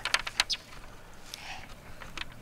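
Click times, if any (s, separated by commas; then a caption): 0.1 s, 0.4 s. A plastic leg is fitted onto a Hot Wheels mobile play set, a toy race-track set, with sharp plastic snaps at 0.1 s and 0.4 s. Fainter ticks follow at about 1.3 s and 2.2 s. The leg snaps in and is seated.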